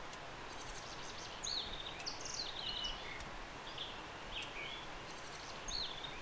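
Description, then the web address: Thorn-tailed rayadito calls, a scattered run of high, quick, twittering chips and short trills repeated throughout, with steady background hiss. Patagonia. "Rayadito sonidos-de-la-patagonia"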